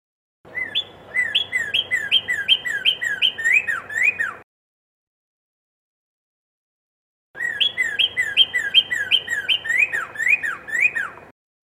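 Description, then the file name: Red-crested cardinal song: two bursts of rapid, repeated slurred whistled notes, each about four seconds long, separated by silence. Song variation 3. "suara kicauan burung red crested cardinal variasi 3 omkicau"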